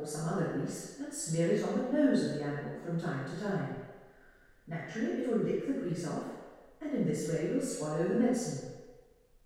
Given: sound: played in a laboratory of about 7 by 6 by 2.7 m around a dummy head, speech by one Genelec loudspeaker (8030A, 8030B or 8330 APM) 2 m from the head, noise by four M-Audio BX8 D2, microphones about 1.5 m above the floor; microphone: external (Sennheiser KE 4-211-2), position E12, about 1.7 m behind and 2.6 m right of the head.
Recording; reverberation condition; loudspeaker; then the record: female speech in English; high; behind (180 degrees)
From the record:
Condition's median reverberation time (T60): about 1300 ms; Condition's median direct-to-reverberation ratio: about -4.0 dB